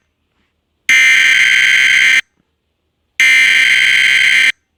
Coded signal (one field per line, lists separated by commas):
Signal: Emergency Alert System (SAME) tones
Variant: header bursts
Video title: EAS scenario Homeworld gem invasion on earth